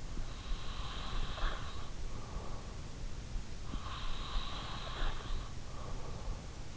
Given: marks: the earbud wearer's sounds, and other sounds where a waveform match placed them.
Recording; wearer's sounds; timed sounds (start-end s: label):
sounds in sleep by an in-ear microphone; breath
0.48-2.65 s: breath
3.70-6.77 s: breath